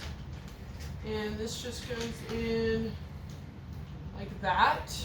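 A small plastic side cover piece is being handled and pushed toward the frame of a pink MUZII gaming chair during assembly while someone talks. Only speech and faint handling noise are heard, with a brief louder rustle near 4.6 s. The piece has not seated or snapped into place yet.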